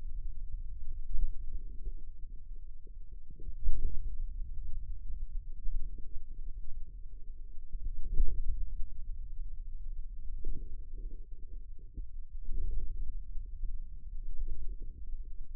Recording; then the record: forearm muscle sounds (acoustic myography)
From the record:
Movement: pen grasping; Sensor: system 2, bracelet of six BSWA MPA416 microphones around the upper forearm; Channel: 5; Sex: male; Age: 22 years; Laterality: right